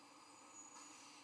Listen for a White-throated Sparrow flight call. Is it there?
no